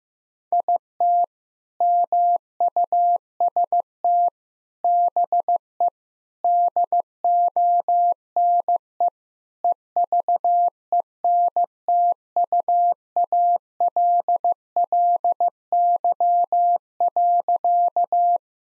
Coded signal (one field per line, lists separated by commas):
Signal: Morse code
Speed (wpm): 16 wpm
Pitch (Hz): 700 Hz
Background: none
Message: IT MUST BE DONE EVENTUALLY.